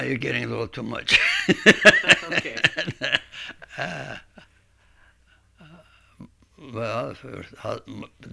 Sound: he laughs

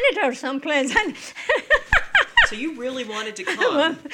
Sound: she laughs heartily

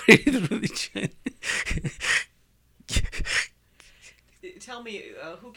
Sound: he laughs

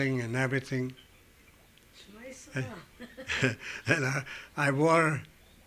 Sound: speaks off mike

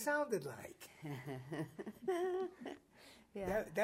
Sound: laughs

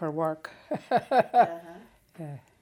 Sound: laughs

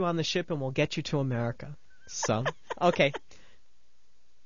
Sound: laughs

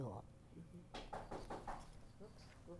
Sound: knocking sound

